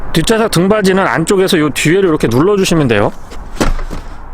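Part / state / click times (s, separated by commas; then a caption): rear seatback latch in the car body / released / 3.6 s. Someone talks while pressing the release on the rear seatback of a 2021 Volkswagen T-Roc 2.0 TDI Prestige from inside the trunk. At 3.6 s the rear seatback latch clicks open, and the seatback folds down with a thump. The seatback is released.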